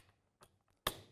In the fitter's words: hear an audible click which means that the tool is securely anchored now